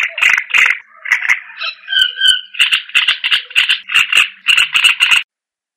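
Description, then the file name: Bird song of grating, rattling notes in quick succession, with a few clear whistled notes in between. "burungasing"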